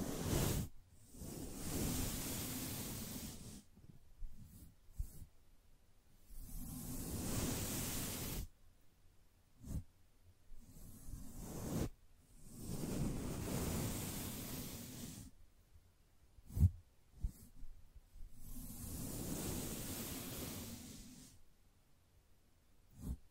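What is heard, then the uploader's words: Soft brushing, heard as long airy swishes of about three seconds each, four in all, separated by hushed pauses. Between the strokes come a few short taps and brief scratchy flicks, so the rhythm is slow and unhurried. ASMR Gently Brushing Your Brain (No Talking).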